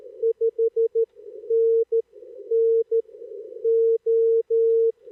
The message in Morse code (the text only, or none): 5NN O